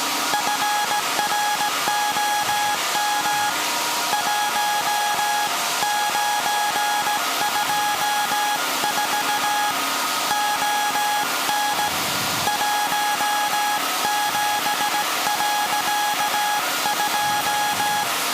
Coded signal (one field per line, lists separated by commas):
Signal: Morse code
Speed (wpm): 17 wpm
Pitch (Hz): 830 Hz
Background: music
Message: FROM 1924 ON 17.2